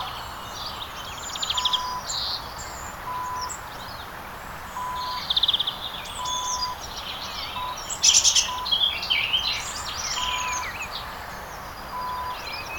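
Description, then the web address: Birds chirping and twittering in brief bursts, some phrases sharper and louder, over a constant low hiss with a faint recurring tone. In the countryside in winter. "sevenleaf. Quiet Birds Country Winter"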